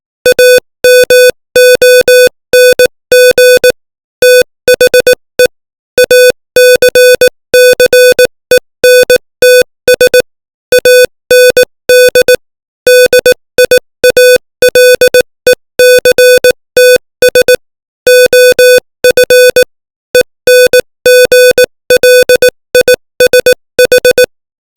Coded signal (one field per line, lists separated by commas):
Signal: Morse code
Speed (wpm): 18 wpm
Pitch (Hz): 500 Hz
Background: music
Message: AMONG THE ACCENTS AND DIALECTS OF ENGLISH